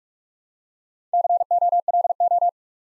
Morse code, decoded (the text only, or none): COLO